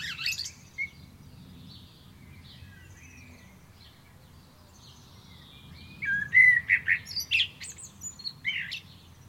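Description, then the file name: Common blackbird song: faint notes early on, then a loud fluty warble in the second half that breaks into scratchy, high-pitched twittering. "Turdus merula"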